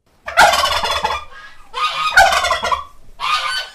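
Turkey gobbles: three harsh, rattling bursts in under four seconds, each loud and throaty, with short dips between them.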